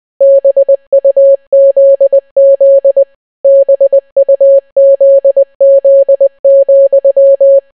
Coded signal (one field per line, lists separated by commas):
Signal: Morse code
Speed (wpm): 20 wpm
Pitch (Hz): 550 Hz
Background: none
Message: BUZZ BUZZ,